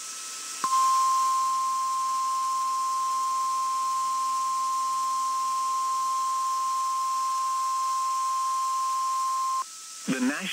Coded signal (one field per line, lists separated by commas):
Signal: Emergency Alert System (SAME) tones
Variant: 1050 Hz attention tone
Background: speech